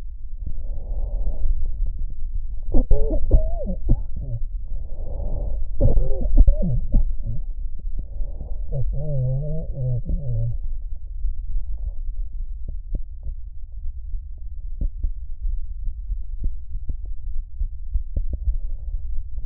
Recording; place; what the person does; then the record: lung sounds by stethoscope; right anterior apical chest; quiet breathing, then cough and speech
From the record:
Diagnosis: interstitial lung disease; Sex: male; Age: 75 years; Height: 167 cm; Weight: 68 kg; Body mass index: 24.4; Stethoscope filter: extended mode